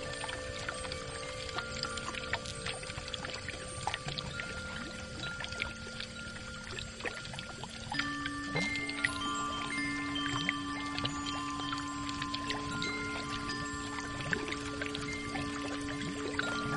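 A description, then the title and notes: Underwater wind chimes shake in a steady, dense wash of bubbling, pouring water, with quick ticks and clinks throughout. Long ringing tones at several pitches hang and overlap, and a new deeper tone enters about halfway and sustains to the end. The shaking of underwater wind chimes.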